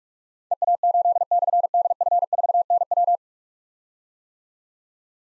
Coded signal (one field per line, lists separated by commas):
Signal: Morse code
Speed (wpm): 44 wpm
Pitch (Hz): 700 Hz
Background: none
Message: EA8/DF4NW